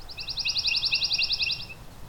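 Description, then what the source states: Pine Warbler song: a fast, even trill of many clear notes lasting about one and a half seconds. Singing male right overhead; short warbly song that fades in and out; tail seems to vibrate while singing, with much energy put into the song.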